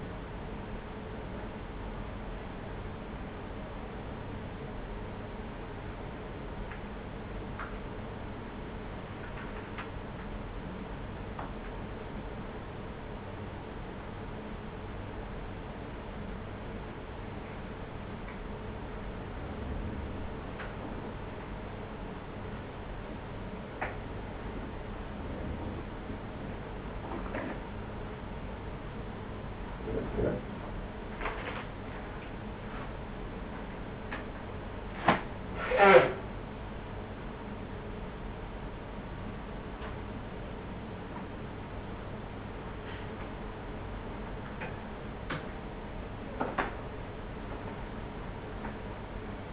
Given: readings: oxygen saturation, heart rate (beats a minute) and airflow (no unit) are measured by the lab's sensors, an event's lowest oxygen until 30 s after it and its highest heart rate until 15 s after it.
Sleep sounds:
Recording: a person awake in a sleep study, by a voice recorder at the bedside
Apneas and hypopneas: none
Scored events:
0.00-49.53 s: awake
0.00-49.53 s: awake
From the record:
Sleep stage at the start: awake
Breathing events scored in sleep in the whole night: 210 in 6.9 hours asleep

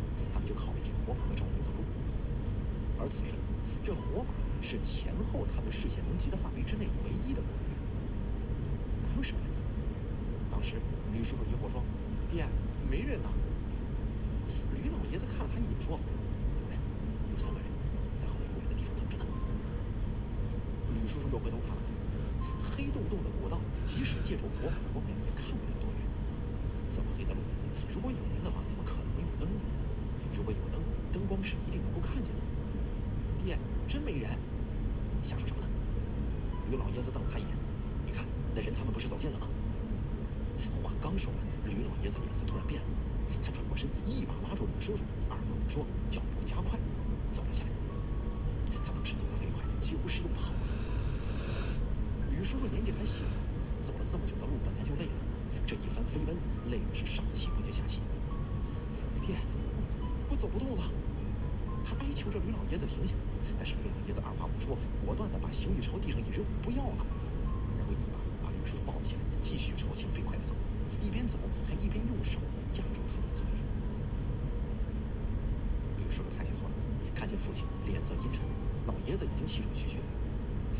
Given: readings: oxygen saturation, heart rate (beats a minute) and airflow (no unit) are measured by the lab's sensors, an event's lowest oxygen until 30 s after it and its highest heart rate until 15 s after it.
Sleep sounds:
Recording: a person awake in a sleep study, by a smartphone at the bedside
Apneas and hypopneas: none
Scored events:
0.00-80.80 s: awake
From the record:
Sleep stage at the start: awake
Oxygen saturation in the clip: 93 to 96%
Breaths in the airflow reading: 19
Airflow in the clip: -3.6 to 6.8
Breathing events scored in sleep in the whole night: 335 in 6.7 hours asleep

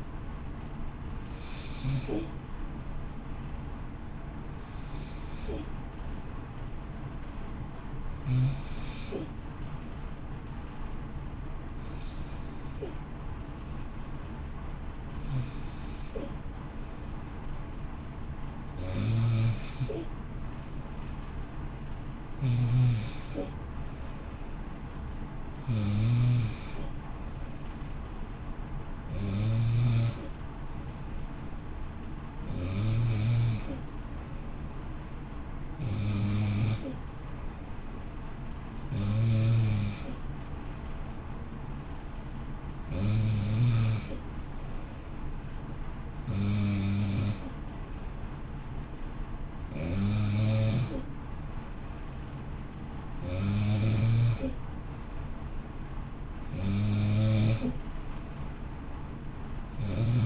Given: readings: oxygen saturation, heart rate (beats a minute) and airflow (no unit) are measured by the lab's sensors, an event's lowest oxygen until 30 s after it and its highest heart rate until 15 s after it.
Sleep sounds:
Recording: breathing in sleep by a smartphone at the bedside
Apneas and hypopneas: 1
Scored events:
14.00-44.70 s: hypopnea (N1, oxygen 96% highest, then 93% lowest, heart rate 56 at the start, 58 highest)
17.00-60.26 s: new sleep stage, N2 (light sleep)
From the record:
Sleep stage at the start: N1 (lightest sleep)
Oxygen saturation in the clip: 92 to 96%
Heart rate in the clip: 54 to 58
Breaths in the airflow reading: 22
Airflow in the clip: -0.8 to 0.9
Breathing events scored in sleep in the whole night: 328 in 6.3 hours asleep

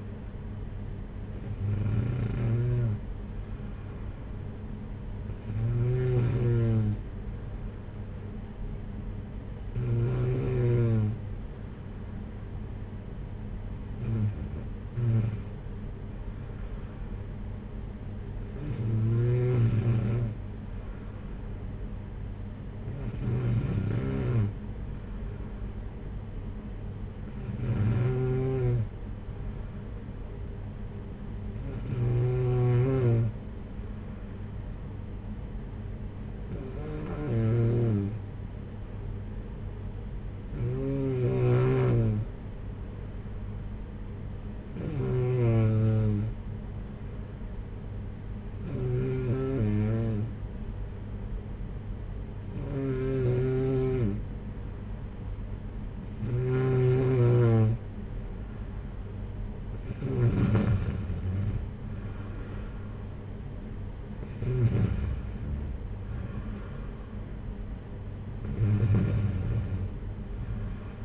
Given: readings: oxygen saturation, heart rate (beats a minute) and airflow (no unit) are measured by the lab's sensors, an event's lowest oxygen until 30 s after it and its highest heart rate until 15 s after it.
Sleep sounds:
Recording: breathing in sleep by a smartphone at the bedside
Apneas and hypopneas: none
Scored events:
none scored
From the record:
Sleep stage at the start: N2 (light sleep)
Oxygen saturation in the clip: 92 to 94%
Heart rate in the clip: 54 to 60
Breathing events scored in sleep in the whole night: 226 in 8.8 hours asleep

